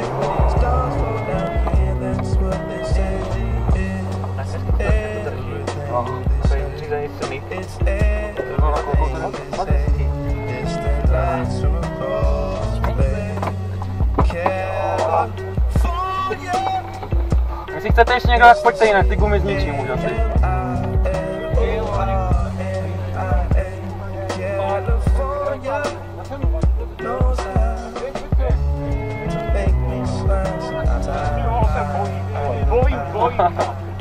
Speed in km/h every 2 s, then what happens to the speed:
20, 20, 18, 14, 10, 0, 0, 0, 0, 0, 0, 0, 0, 0, 0, 0, 0.
0-10 slows to 0. 10-34 standing.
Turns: 2-8.